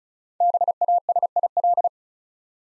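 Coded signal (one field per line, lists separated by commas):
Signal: Morse code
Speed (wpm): 36 wpm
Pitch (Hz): 700 Hz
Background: none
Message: BASIL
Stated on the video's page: Practice set of easy words at 35 wpm, with context hints.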